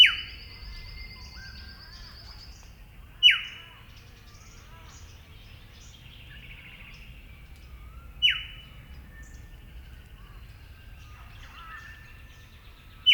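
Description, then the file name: Eastern yellow robin repeating a piercing downward-sliding note four times at uneven gaps of three to five seconds. "Eopsaltria Australis"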